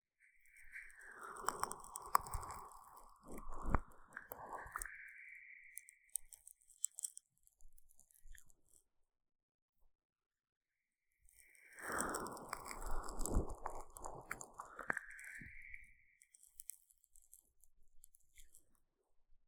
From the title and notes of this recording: ASMR 蘆薈凝膠按摩耳朵 | Aloe based gel sticky Earmassage | 3Dio | NoTalking.